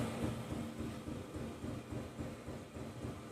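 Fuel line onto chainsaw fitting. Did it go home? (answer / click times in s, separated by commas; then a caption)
no / none. A flexible fuel line is pushed onto its fitting while a McCulloch Mac 3818 chainsaw is being reassembled, giving a steady low rumbling, rubbing noise with no distinct seating click. The line goes on partway but is not fully seated, and nothing has seated or clicked yet.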